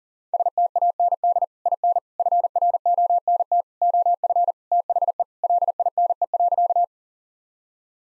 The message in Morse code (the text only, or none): STAND IN FRONT OF THE LINE.